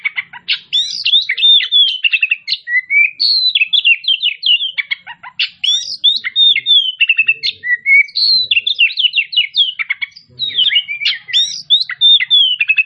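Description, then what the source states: Oriental magpie-robin singing a long, varied medley of bright whistles, trills and chattering notes, phrases tumbling one after another with only brief pauses. Kacer Tretes, described as gacor (singing vigorously).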